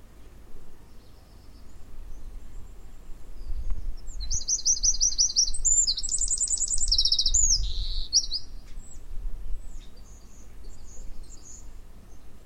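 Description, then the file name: Eurasian wren song: one fast, high, rattling trilled phrase lasting a few seconds, heard over a steady low rumbling background. "Troglodytes troglodytes"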